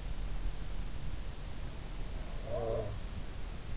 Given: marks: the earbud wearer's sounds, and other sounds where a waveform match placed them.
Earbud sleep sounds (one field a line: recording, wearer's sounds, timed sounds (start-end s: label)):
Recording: sounds in sleep by an in-ear microphone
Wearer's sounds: snoring breath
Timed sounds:
2.14-3.01 s: snoring breath